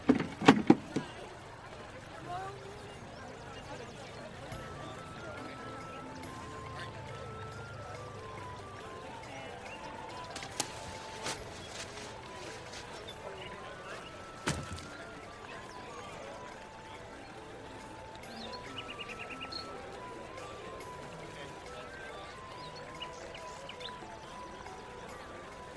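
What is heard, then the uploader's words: A medieval life ambience of steady, busy murmur with scattered voices and brief tonal calls throughout. A few loud knocks open the scene, and sharp clacks ring out near the eleventh and fifteenth seconds, over a low rumble that swells early on. Medieval life ASMR Ambience.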